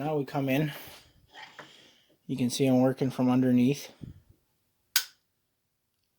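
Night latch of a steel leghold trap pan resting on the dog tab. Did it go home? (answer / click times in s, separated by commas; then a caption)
yes / 5.0 s. Someone talks while working from underneath a set steel leghold trap, moving the pan. At 5.0 s the trap's night latch comes to rest on the small dog tab with a single loud, sharp metal click. The latch is seated on the tab.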